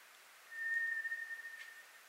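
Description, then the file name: White's thrush gives one prolonged, pure whistle on a single pitch, slightly wavering and breaking up as it fades. Recorded 24 April 2010. "toratugumi-20100424"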